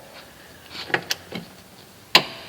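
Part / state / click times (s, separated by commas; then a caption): torque wrench on shock top mounting bolt of UTV / torque reached / 2.2 s. A click-type torque wrench set to 42.4 ft-lb tightens the top shock mounting bolt on a UTV, making a few light ratcheting ticks and clunks around 0.9–1.4 s. A loud, sharp click at 2.2 s marks the wrench reaching its setting, and the top bolt is confirmed tight.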